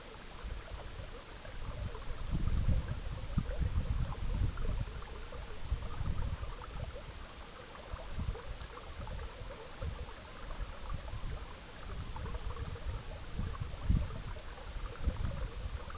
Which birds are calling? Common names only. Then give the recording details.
none. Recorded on Arctic tundra, site EABA-MC, on 19 June 2019. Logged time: 22:00